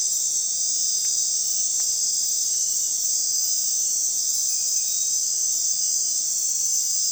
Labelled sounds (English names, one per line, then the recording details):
none
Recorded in dense forest near Puerto Asís, Putumayo, Colombia, on 21 February 2024 at 01:00
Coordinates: 0.499, -76.324
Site G6469